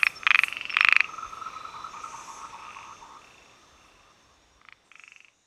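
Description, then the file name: Heymons' narrow-mouthed frog calls: three short, loud pulsed bursts, then two softer pulsed bursts near the end. "Microhyla heymonsi"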